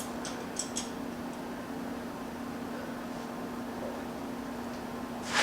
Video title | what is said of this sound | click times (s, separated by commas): Wide Body Saga Part 2 | When you hear it click, it's in. Just | 0.6 s, 0.8 s